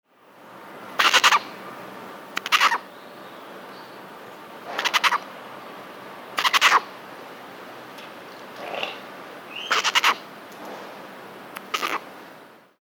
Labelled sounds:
Northern Bald Ibis
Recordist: Tembrock, Günter
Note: Bettellaute eines halbwüchsigen Tieres

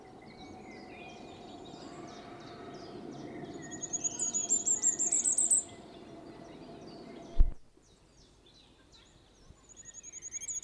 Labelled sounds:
Common Firecrest call
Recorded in the wild
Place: Schmelz, Saarland, DE
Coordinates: 49.4789, 6.87778
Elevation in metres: 240
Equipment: Nagra IV, Sennheiser MKH 405, Parabolreflektor
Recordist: Tretzel, Erwin

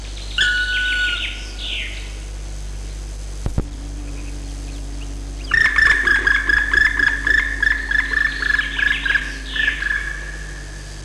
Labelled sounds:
Black Woodpecker
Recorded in the wild
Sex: pair
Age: adult
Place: Dürrbach, Sachsen, DE
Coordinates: 51.3583, 14.6164
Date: 1957-04-28
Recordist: Meyer, Hugo

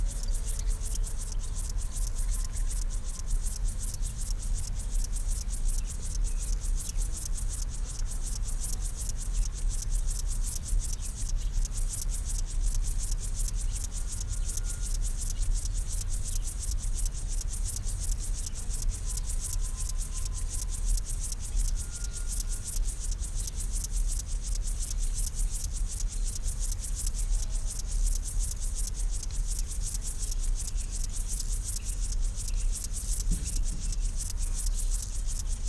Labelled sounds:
Upland Field Grasshopper
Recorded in the wild
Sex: male
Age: imago
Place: Blankenfelde, Berlin, DE
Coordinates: 52.6, 13.4
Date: 1991-10-06 11:50
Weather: sonnig, Schatten: 25,3 °C, Sonne: 30,4°C
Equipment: Marantz CP 430, Sennheiser ME 80, K 30 AV, Kopie Tesla B 116
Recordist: Tembrock, Günter

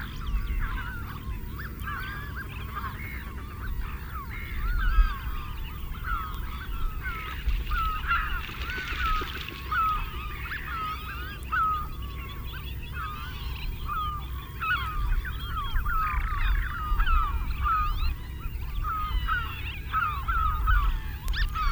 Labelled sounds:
Common Shelduck courtship call
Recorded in the wild
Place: Zudar, Mecklenburg-Vorpommern, DE
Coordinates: 54.259, 13.352
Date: 1975-05-01
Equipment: Nagra III BH, Sennheiser MD 21, parabola
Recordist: Schubert, Michael

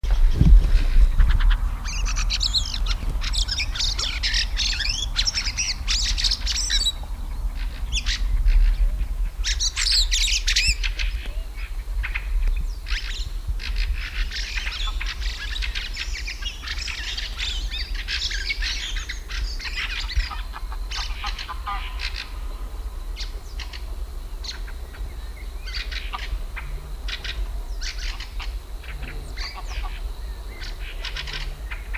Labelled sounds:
Fieldfare
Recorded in the wild
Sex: male
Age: adult
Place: Parsteiner See, Barnim, Brandenburg, DE
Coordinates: 52.9703, 13.9781
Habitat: reed
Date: 2006-04-19 20:35
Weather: fair, ca. 15° C, weak winds
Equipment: Marantz PMD 671, Sennheiser MKH 70, Popschutz, Windkorb
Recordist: Frommolt, Karl-Heinz

